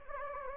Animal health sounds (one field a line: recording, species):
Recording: mosquito wingbeat signal from an infrared sensor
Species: Anopheles gambiae